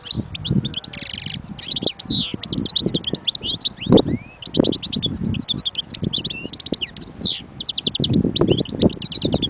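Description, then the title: European goldfinch song, a fast liquid twittering of high chirps, trills and buzzy notes running throughout, over heavy low rumbling and thumping noise. Wild bird. "اجمل غناءالحسون الخلويchant chardonneret sauvage collection"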